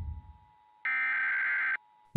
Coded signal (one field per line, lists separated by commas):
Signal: Emergency Alert System (SAME) tones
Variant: header bursts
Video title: Wireless Emergency Alert System California.